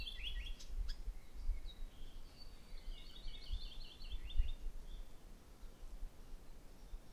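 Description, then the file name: Maui parrotbill calling in a quick run of high chirped notes through the middle, preceded by a few sharper chips, with constant low rumble underneath. "Maui Parrotbill Pseudonestor xanthophrys"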